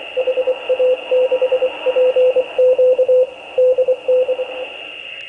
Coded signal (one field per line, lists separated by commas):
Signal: Morse code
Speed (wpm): 24 wpm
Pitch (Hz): 510 Hz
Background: radio noise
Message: HA6PQ DN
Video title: ICOM-703 3DX QSO